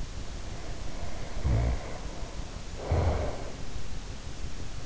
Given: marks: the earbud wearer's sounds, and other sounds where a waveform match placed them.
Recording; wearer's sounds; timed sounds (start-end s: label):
sounds in sleep by an in-ear microphone; snoring breath
0.58-3.47 s: snoring breath